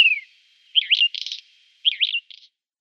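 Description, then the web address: Whinchat song: a descending whistle, then two twisting warbled phrases each followed by a short scratchy buzz, repeated about a second apart. "Schulze Peter Whinchat song"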